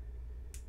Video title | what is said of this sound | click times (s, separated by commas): Shocker Amp Mechanical Frame Installation - How To | the front of the gun and it's locked into place you're good to go that's not going anywhere | 0.5 s